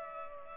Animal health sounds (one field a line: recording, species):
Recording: mosquito wingbeat signal from an infrared sensor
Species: Culex pipiens